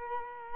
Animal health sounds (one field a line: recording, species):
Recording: mosquito wingbeat signal from an infrared sensor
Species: Culex quinquefasciatus